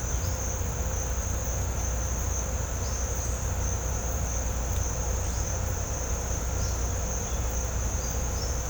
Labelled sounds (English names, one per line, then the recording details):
none
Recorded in pastures near Puerto Asís, Putumayo, Colombia, on 16 December 2024 at 07:00
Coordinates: 0.502, -76.324
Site G077